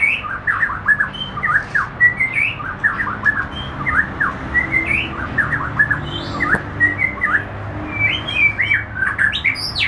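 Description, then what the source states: White-rumped shama singing a fast, continuous string of short whistled notes and slurs, varied in pitch, over low background noise. Penang.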